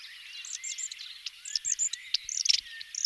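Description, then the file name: Red-backed shrike song as a continuous scratchy warble of high squeaks, chirps and short whistles, jumbled and hurried throughout. Song recorded in 2004. "roche 2004 neuntoeter"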